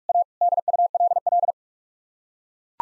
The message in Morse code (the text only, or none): A DULL